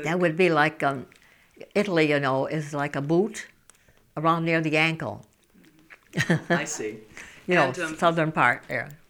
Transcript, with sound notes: That would be, like, Italy, you know, is like a boot, around near the ankle. ( she laughs )
I see. And, um...
You know, southern part there.